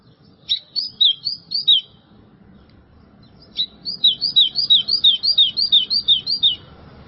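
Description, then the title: White-throated seedeater song in two runs of slurred whistles, a short one and a longer chain, over soft low background hum. "Canto Do Golinha"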